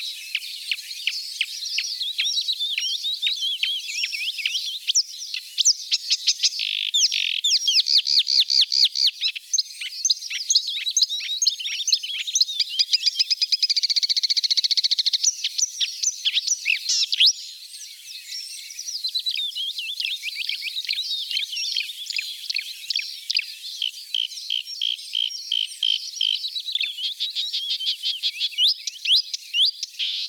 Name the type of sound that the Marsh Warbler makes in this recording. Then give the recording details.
song. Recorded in the wild. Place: Flögelner See, Baden-Württemberg, DE. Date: 1981-05-31. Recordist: Schwarz, Dieter